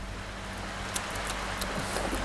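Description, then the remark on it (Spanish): Steady hissing rain with scattered sharper drop taps over a low, constant hum, fairly quiet and with no voices. “Ahí está la lluvia.”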